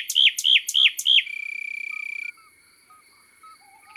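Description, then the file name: Common nightingale song: four loud, rapid whistled notes sliding down then up, followed by a dry buzzing trill about a second long, over a steady high insect-like drone and soft short piping notes. Recorded in the countryside. "Rossignol philomele Chants doiseaux dans la campagne"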